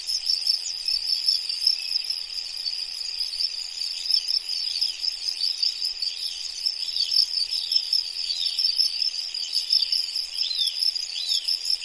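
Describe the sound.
Crickets in a steady, high-pitched trilling chorus that runs unbroken throughout, with faint repeated descending chirps underneath.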